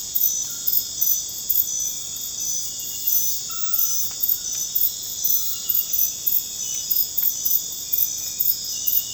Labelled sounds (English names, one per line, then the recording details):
none
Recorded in dense forest near Puerto Asís, Putumayo, Colombia, on 9 March 2025 at 02:00
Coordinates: 0.486, -76.317
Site G053